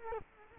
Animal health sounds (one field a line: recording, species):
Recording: mosquito wingbeat signal from an infrared sensor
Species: Culex quinquefasciatus